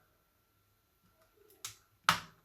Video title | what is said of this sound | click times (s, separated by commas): Repairing two very different types of PET keyboards (Ep.34) | make sure you hear you heard the clicking noise. | 2.1 s